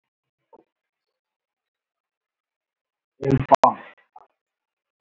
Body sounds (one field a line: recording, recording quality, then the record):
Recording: shallow voluntary cough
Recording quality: poor, much background noise or distortion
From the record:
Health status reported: healthy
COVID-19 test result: not tested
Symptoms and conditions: none ticked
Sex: male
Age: 31 years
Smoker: not ticked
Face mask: worn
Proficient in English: yes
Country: India